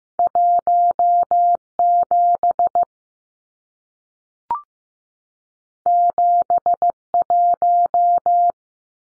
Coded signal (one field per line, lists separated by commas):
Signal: Morse code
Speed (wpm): 15 wpm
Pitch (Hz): 700 Hz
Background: none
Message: 17 71